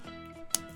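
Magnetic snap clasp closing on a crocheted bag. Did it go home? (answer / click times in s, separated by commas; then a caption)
yes / 0.5 s. A magnetic snap clasp that has just been sewn onto a crocheted bag is closed by bringing its two magnet halves together, over steady guitar-like background music. A single sharp, loud click at 0.6 s shows the clasp snapping shut and seating.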